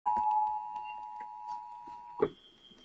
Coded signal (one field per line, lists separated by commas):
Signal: Emergency Alert System (SAME) tones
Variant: 853 and 960 Hz attention tone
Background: speech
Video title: EAS 3413 Levi's Call from Atlanta (Amber Alert for GA)